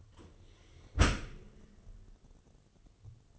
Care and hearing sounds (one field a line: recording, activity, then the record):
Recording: daily activity, microphone in the room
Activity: close dishwasher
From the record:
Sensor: 4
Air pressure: 1015.8 hPa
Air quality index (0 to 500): 89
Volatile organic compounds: 2 ppm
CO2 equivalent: 990 ppm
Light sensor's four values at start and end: 9/19/7/7 and 9/19/7/7